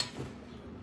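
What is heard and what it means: The top flap of a PGYTECH OneGo 18L camera and drone backpack is closed onto the backpack body, and its magnetic/mechanical latch catches with a single sharp tick at 0.0 s. A low, steady background hum continues afterward. The latch seats, showing it catches every time despite complaints that it doesn't latch.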